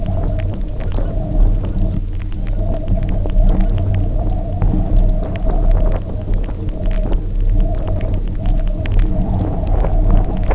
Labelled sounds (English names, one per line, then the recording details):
Arctic Tern
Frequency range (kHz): Arctic Tern 0.6-4.8 kHz
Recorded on Arctic tundra, site UTQI-0, on 27 June 2018
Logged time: 00:00